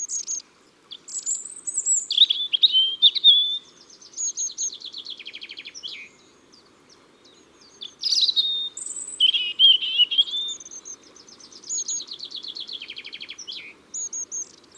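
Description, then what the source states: European robin song, bursts of sweet high warbles and tinkling trills, each phrase different, with brief silent gaps between phrases. Ardèche, France.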